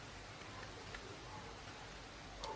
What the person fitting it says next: There you go, and clicks in place.